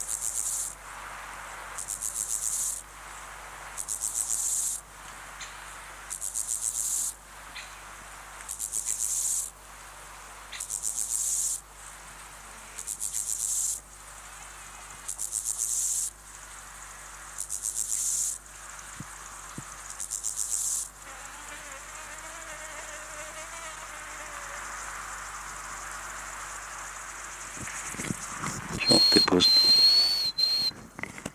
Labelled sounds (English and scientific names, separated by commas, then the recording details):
Steppe Grasshopper (Chorthippus dorsatus)
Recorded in the wild
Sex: male
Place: Lübars (Fließtal), Berlin, DE
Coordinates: 52.6167, 13.35
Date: 2004-09-04 13:15
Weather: sonnig, 25°C
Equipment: Sony WM-D6C, Sennheiser ME 80, Kopie Uher 4000 Report Monitor
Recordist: Tembrock, Günter
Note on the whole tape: Männchen allein, zweimal Ortswechsel. (Feuchtbiotop am Fließtal)